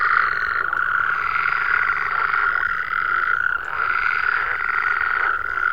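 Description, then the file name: Frogs croaking in a dense chorus, a steady high trilling drone with overlapping rasping calls that come and go. "Digiffects Sound Effects Library - Frogs"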